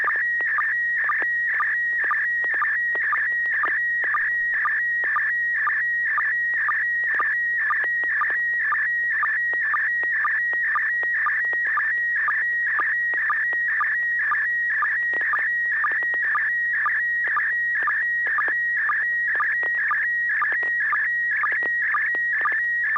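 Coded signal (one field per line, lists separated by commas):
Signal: SSTV (slow-scan television)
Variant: PD120 mode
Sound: continuous warbling tone with a regular low chirp about twice per second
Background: low steady hum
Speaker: pd-120 so so so so so so so [Applause] scale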